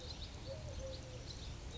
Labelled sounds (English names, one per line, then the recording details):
Eurasian Collared Dove
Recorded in Sonoma County, California